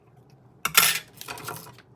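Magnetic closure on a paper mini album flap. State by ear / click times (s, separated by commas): seated / 0.7 s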